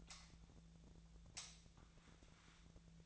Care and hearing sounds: daily activity, microphone in the room; light on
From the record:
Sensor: 3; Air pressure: 1009.7 hPa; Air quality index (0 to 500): 190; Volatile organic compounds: 14 ppm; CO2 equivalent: 2473 ppm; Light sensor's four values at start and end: 38/95/41/44 and 45/118/50/51

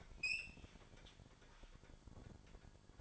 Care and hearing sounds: daily activity, microphone in the room; open fridge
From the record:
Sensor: 5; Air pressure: 1007.8 hPa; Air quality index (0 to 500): 95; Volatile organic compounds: 1 ppm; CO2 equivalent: 748 ppm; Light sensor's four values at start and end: 45/102/43/46 and 46/105/45/47

